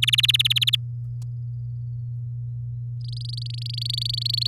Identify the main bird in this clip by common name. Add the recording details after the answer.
Domestic Canary. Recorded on 11 May 2018 at 05:37. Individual llb16